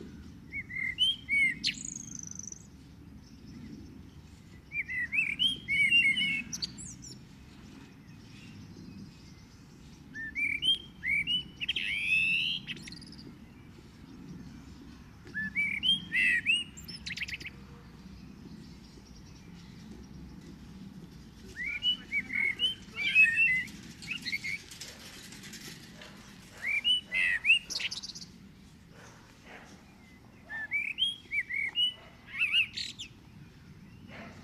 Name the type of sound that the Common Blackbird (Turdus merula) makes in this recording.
song